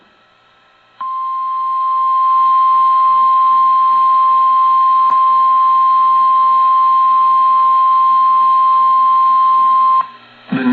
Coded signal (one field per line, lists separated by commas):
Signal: Emergency Alert System (SAME) tones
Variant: 1050 Hz attention tone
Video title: Pre-Independence Day EAS Marathon! July 3, 2022 (EAS#630-650)